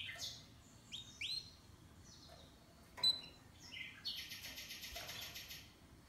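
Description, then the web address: Canary song opening with quick rising whistled chirps, a sharp click, then a dense pulsing high trill that runs nearly to the end. "Golchin Best Canari Seda Canari. Niyaz Music)"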